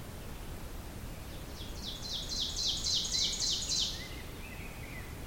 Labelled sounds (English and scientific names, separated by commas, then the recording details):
Ovenbird (Seiurus aurocapilla) song
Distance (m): 25 m
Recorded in boreal forest in Alberta, Canada, on 5 June 2016 at 05:57
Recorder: SongMeter 3, array SBT-3-51
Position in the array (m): 271 m, 118 m
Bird 28